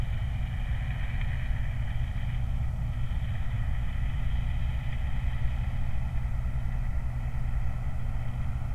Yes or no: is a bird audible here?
no